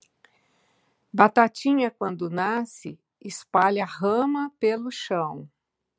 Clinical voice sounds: short text; Brazilian Portuguese; female; 60 to 69 years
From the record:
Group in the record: control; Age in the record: 61 years

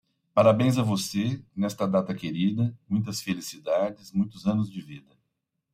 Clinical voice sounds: short text; Brazilian Portuguese; male; 50 to 59 years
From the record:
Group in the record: control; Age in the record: 56 years

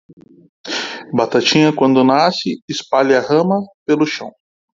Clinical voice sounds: short text; Brazilian Portuguese; male; 40 to 49 years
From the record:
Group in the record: control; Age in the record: 40 years

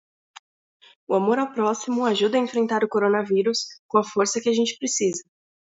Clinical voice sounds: spoken sentence; Brazilian Portuguese; female; 18 to 19 years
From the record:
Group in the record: control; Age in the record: 19 years

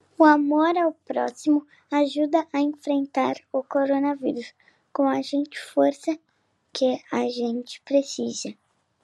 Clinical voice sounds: spoken sentence; Brazilian Portuguese; male; 50 to 59 years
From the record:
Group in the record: control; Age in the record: 50 years

